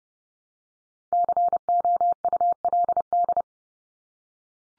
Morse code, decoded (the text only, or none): COULD